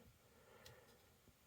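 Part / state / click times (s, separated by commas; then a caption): scissor tool locking in a multitool frame / seated / 0.7 s. The roughly 8 cm scissors on a black Leatherman Surge steel multitool are opened, and the lock engages only once the scissor blade is released from its position. A faint, short tick at 0.7 s marks the scissors locking into place against a quiet background.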